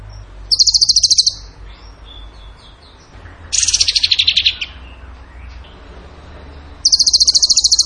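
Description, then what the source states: Bird giving three fast, high-pitched stuttering trills, the middle one lower, with quiet gaps between. Masteran training recording; tembakan gacor song style.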